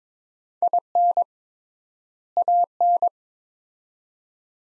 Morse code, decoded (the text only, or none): IN AN